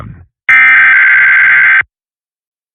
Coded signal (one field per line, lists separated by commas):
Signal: Emergency Alert System (SAME) tones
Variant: header bursts